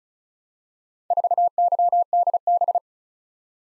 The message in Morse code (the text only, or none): 4YDB